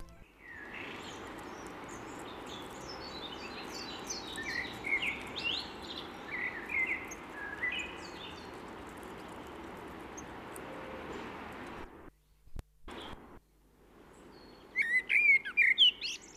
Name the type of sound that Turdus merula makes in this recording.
song